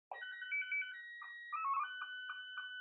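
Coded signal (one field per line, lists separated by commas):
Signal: SSTV (slow-scan television)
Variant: Scottie 2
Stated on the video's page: CW (Morse) and SSTV telemetry modes transmitted by the AMSAT CubeSatSim Lite satellite simulator.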